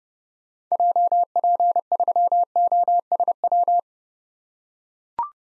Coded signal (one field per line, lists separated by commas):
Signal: Morse code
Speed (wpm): 32 wpm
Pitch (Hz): 700 Hz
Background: none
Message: JP3OSW